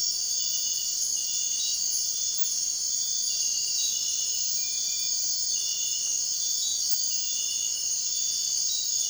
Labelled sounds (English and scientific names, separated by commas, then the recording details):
none
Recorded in dense forest near Puerto Asís, Putumayo, Colombia, on 21 March 2025 at 03:00
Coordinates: 0.499, -76.324
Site GP03